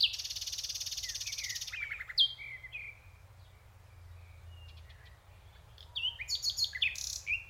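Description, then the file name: Common nightingale song: a fast buzzy trill lasting nearly two seconds, then scattered sharp whistles, a pause, and a final burst of rapid, varied chirping notes. "Luscinia megarhynchos"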